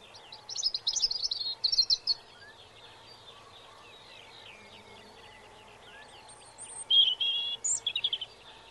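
Robin song in short bursts: quick high warbled notes at the start, a quiet stretch with faint twitters, then a bright renewed phrase of trills and whistles.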